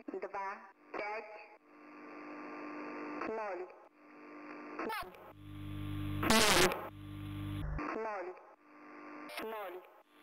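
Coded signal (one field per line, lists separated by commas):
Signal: numbers station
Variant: S06s, female voice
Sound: distorted automated female voice reading short evenly spaced numbers over harsh hiss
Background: radio static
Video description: Ukrainian Number Station sends no message to spies. 425 00000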